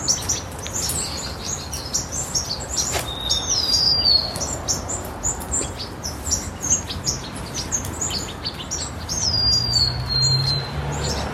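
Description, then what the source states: Sparrows chirping continuously, high chips tumbling over each other, with two longer descending whistles standing out about a third of the way in and near the end. White-crowned and golden-crowned sparrows chirping and singing together at a large communal winter roost in California.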